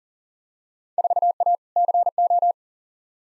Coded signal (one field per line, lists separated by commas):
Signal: Morse code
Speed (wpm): 37 wpm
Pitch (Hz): 700 Hz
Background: none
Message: 4A CO